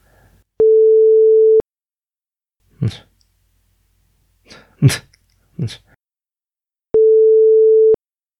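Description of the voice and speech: Between two steady electronic sine-wave tones come three brief, abrupt vocal noises from an adult man: little grunts and mouth sounds such as lip smacks and tongue noises, each under half a second, in an otherwise quiet room. These are involuntary vocal tics of Tourette syndrome.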